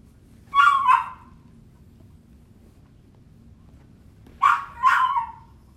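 Dog whining, a pair of quick yelping whines, a long pause, then another pair.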